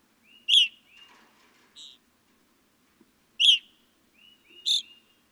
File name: Evening Grosbeak